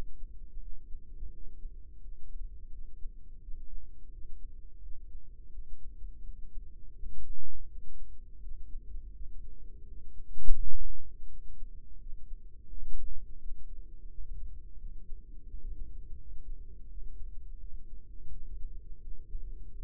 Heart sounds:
heart sounds by microphone in the right ear; 85 bpm
0.59 s: heartbeat
1.30 s: heartbeat
2.00 s: heartbeat
2.70 s: heartbeat
3.40 s: heartbeat
4.09 s: heartbeat
4.79 s: heartbeat
5.50 s: heartbeat
6.21 s: heartbeat
6.94 s: heartbeat
7.67 s: heartbeat
8.39 s: heartbeat
9.12 s: heartbeat
9.85 s: heartbeat
10.56 s: heartbeat
11.27 s: heartbeat
11.98 s: heartbeat
12.69 s: heartbeat
13.38 s: heartbeat
14.07 s: heartbeat
14.77 s: heartbeat
15.46 s: heartbeat
16.17 s: heartbeat
16.86 s: heartbeat
17.57 s: heartbeat
18.29 s: heartbeat
19.00 s: heartbeat
19.71 s: heartbeat
From the record:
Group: healthy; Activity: cold pressor test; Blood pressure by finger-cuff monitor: 126/86 mmHg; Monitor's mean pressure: 99 mmHg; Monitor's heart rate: 85 bpm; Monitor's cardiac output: 5.7 L/min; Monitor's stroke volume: 67 mL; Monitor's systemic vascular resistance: 1300 dyn s/cm5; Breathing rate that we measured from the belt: 21 breaths a minute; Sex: female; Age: 43 years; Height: 160 cm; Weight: 90 kg

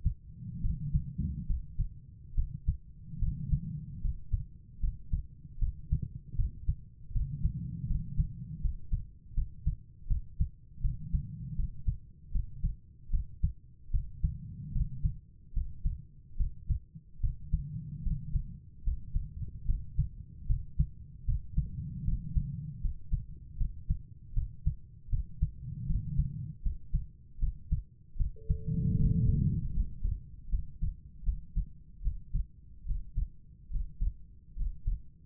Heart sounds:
heart sounds by stethoscope; 76 bpm
0.61 s: heartbeat
1.46 s: heartbeat
2.34 s: heartbeat
3.18 s: heartbeat
4.00 s: heartbeat
4.79 s: heartbeat
5.58 s: heartbeat
6.35 s: heartbeat
7.12 s: heartbeat
7.86 s: heartbeat
8.61 s: heartbeat
9.34 s: heartbeat
10.07 s: heartbeat
10.81 s: heartbeat
11.55 s: heartbeat
12.31 s: heartbeat
13.10 s: heartbeat
13.90 s: heartbeat
14.72 s: heartbeat
15.53 s: heartbeat
16.36 s: heartbeat
17.20 s: heartbeat
18.02 s: heartbeat
18.83 s: heartbeat
19.65 s: heartbeat
20.46 s: heartbeat
21.25 s: heartbeat
22.04 s: heartbeat
22.80 s: heartbeat
23.57 s: heartbeat
24.33 s: heartbeat
25.09 s: heartbeat
25.86 s: heartbeat
26.62 s: heartbeat
27.38 s: heartbeat
28.16 s: heartbeat
28.95 s: heartbeat
29.72 s: heartbeat
30.48 s: heartbeat
31.23 s: heartbeat
32.01 s: heartbeat
32.84 s: heartbeat
33.69 s: heartbeat
34.55 s: heartbeat
From the record:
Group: healthy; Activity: rest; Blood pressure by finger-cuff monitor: 100/71 mmHg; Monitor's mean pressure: 82 mmHg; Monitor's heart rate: 75 bpm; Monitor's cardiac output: 5.7 L/min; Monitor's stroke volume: 76 mL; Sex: female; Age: 32 years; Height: 172 cm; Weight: 71.7 kg

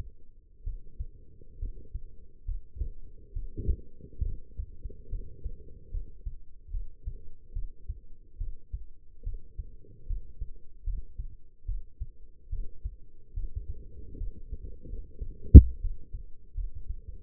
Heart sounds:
heart sounds by stethoscope; 72 bpm
0.64 s: heartbeat
1.59 s: heartbeat
2.45 s: heartbeat
3.33 s: heartbeat
4.23 s: heartbeat
5.09 s: heartbeat
5.91 s: heartbeat
6.71 s: heartbeat
7.53 s: heartbeat
8.38 s: heartbeat
9.23 s: heartbeat
10.07 s: heartbeat
10.84 s: heartbeat
11.66 s: heartbeat
12.49 s: heartbeat
13.34 s: heartbeat
14.17 s: heartbeat
14.89 s: heartbeat
15.80 s: heartbeat
16.54 s: heartbeat
From the record:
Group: healthy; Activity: cold pressor test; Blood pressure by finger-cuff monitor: 135/80 mmHg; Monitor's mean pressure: 97 mmHg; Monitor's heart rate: 71 bpm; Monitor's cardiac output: 6.5 L/min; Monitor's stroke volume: 92 mL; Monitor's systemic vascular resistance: 1100 dyn s/cm5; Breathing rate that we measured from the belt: 14 breaths a minute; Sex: female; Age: 22 years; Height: 171 cm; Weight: 65.6 kg

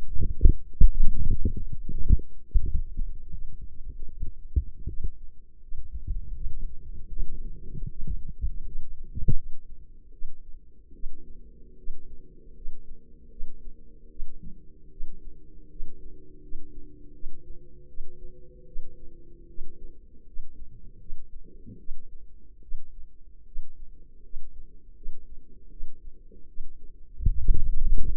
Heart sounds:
heart sounds by microphone in the left ear; 78 bpm
0.36 s: heartbeat
1.13 s: heartbeat
1.86 s: heartbeat
2.56 s: heartbeat
3.29 s: heartbeat
4.06 s: heartbeat
4.85 s: heartbeat
5.59 s: heartbeat
6.32 s: heartbeat
7.08 s: heartbeat
7.87 s: heartbeat
8.62 s: heartbeat
9.33 s: heartbeat
10.10 s: heartbeat
10.91 s: heartbeat
11.75 s: heartbeat
12.53 s: heartbeat
13.28 s: heartbeat
14.08 s: heartbeat
14.88 s: heartbeat
15.67 s: heartbeat
16.39 s: heartbeat
17.11 s: heartbeat
17.86 s: heartbeat
18.64 s: heartbeat
19.46 s: heartbeat
20.24 s: heartbeat
20.97 s: heartbeat
21.76 s: heartbeat
22.60 s: heartbeat
23.44 s: heartbeat
24.21 s: heartbeat
24.93 s: heartbeat
25.68 s: heartbeat
26.46 s: heartbeat
27.25 s: heartbeat
28.02 s: heartbeat
From the record:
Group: healthy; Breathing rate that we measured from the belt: 16 breaths a minute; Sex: female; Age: 24 years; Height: 163 cm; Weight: 55.7 kg

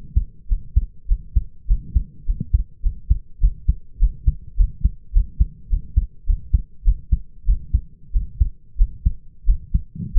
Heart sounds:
heart sounds by stethoscope; 99 bpm
0.48 s: heartbeat
1.08 s: heartbeat
1.67 s: heartbeat
2.26 s: heartbeat
2.82 s: heartbeat
3.40 s: heartbeat
3.99 s: heartbeat
4.57 s: heartbeat
5.13 s: heartbeat
5.69 s: heartbeat
6.26 s: heartbeat
6.84 s: heartbeat
7.46 s: heartbeat
8.13 s: heartbeat
8.78 s: heartbeat
9.46 s: heartbeat
10.14 s: heartbeat
From the record:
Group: healthy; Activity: cold pressor test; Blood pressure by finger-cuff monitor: 118/73 mmHg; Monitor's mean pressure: 85 mmHg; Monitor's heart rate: 102 bpm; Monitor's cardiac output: 7 L/min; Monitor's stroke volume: 69 mL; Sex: male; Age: 22 years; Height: 181 cm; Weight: 60 kg

